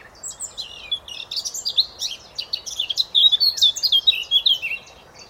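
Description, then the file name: Eurasian blackcap song: a rapid string of twittering, slurred high notes, louder in its second half. "Sylvia atricapilla"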